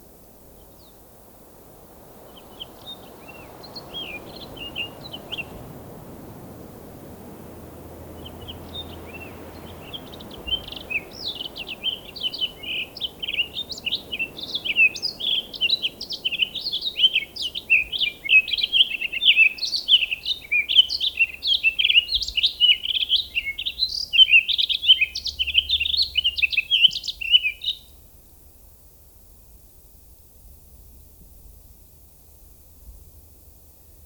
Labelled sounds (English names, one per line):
Townsend's Solitaire song